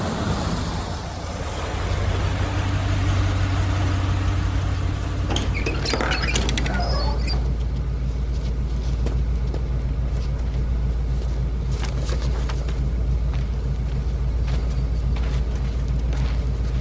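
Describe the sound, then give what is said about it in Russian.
A bus pulls up to a stop with a steady low engine rumble, brakes squealing and hissing briefly partway through, then idles heavily with faint clattering and rattles over the drone. “Автобус подъезжает к остановке.”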